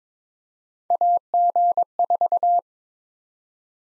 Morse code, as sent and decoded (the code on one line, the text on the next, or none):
.- --. ....-
AG4